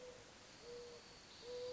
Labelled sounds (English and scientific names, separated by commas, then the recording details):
Mourning Dove (Zenaida macroura)
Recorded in Sonoma County, California